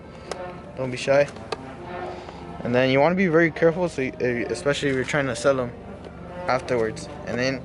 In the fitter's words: once it's gonna hear a pop don't be scared